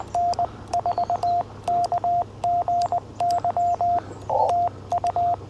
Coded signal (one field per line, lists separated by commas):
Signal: Morse code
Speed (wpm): 20 wpm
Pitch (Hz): 700 Hz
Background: radio noise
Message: N4KGY TU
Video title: FTX-1 QRP CW Activation at Hagerman National Wildlife Refuge